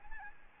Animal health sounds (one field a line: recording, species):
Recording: mosquito wingbeat signal from an infrared sensor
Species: Aedes albopictus